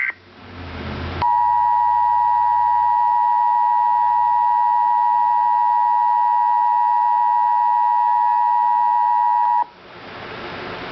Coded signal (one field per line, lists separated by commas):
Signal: Emergency Alert System (SAME) tones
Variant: 853 and 960 Hz attention tone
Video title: Real EAS Alert #14 - Flood Advisory